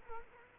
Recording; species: mosquito wingbeat signal from an infrared sensor; Culex quinquefasciatus